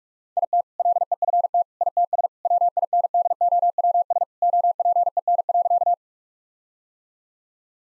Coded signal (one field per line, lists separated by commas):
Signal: Morse code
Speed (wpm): 46 wpm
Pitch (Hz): 700 Hz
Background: none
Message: IT LEFT ITS WINDOWS OPEN.